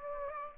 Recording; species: mosquito wingbeat signal from an infrared sensor; Aedes aegypti